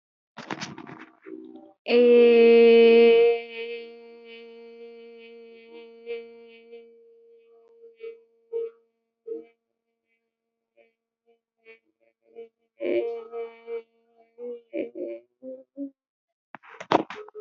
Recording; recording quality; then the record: sustained vowel as in made; moderate, slight background noise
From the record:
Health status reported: healthy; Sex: female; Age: 21 years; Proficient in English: yes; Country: India